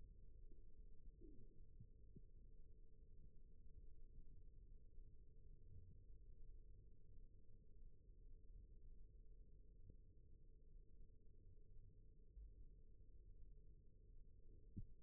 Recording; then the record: forearm muscle sounds (acoustic myography)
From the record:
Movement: rest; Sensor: system 1, eight BSWA MPA416 microphones around the upper forearm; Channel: 4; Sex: male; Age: 21 years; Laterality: right